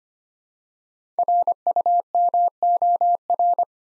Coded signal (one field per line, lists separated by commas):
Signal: Morse code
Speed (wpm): 25 wpm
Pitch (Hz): 700 Hz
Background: none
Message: RUMOR